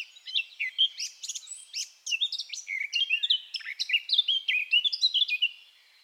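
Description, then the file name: Eurasian blackcap singing a continuous, hurried warble of mixed scratchy and fluty notes, with a brief break near two seconds before the song resumes just as loudly, then stopping before the end. "Sylvia atricapilla"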